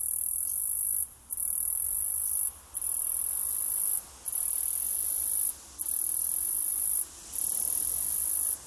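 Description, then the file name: Cicada call made of steady, sizzling high-pitched bursts, each about a second long, repeated regularly with short breaks, six bursts in all. Australia. "INSECT AUS CICADA"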